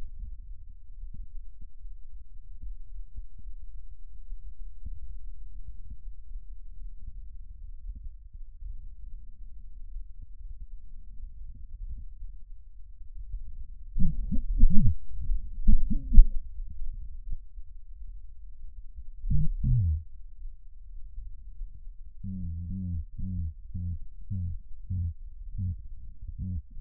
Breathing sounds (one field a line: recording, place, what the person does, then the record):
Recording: lung sounds by stethoscope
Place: right posterior apical chest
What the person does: quiet breathing, then cough and speech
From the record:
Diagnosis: none (healthy)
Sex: male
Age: 34 years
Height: 174 cm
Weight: 93 kg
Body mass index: 30.7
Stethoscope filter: bell mode